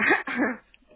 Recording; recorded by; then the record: voluntary cough; telephone call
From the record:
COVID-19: positive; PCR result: checked with the laboratory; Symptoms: yes